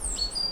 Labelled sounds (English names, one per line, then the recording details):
Stitchbird song
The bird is a male
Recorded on Tiritiri Matangi Island, New Zealand, in 2005
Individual 9, of nest box 11